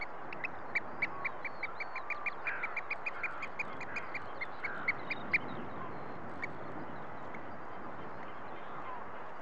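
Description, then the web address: Eurasian oystercatcher calls: a fast run of sharp, piping peeps for about five seconds, then stopping, over steady background noise. "BBC Sound Effects Library. Oystercatcher"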